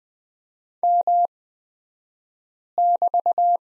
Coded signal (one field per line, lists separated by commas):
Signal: Morse code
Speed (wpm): 20 wpm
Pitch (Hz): 700 Hz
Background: none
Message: M<BT>